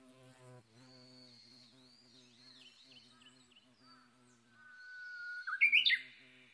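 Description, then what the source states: Japanese bush warbler gives a long whistle and emphatic flourish near the end, over a low droning hum, with faint high bird notes earlier. Recorded 22 May 2011 at 05:58.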